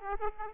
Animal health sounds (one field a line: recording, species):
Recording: mosquito wingbeat signal from an infrared sensor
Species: Aedes aegypti